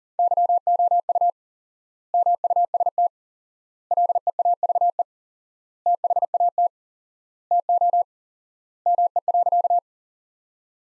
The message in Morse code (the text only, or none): YOU MUST LEAVE THAT TO ME.